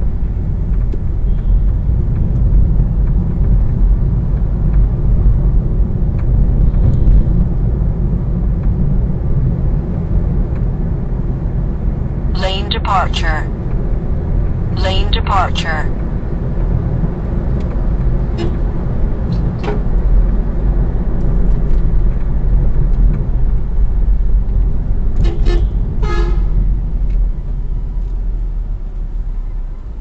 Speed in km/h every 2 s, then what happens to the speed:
39, 42, 43, 46, 49, 53, 57, 62, 64, 64, 57, 45, 34, 14, 4.
0-15 speeds up to 64. 18-27 brakes to 4.